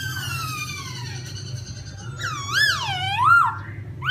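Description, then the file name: Laughingthrush song of long whistled notes sliding down, then loud looping sweeps that rise and fall, over a low continuous hum. Wild-type singing in the song style called 'giọng rừng' (forest voice). "Tieng khuou hot giong rung"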